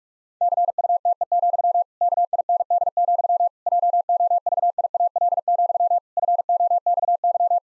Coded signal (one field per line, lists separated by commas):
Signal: Morse code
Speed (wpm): 45 wpm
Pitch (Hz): 700 Hz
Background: none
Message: CUTE, KIND, JOVIAL, FOXY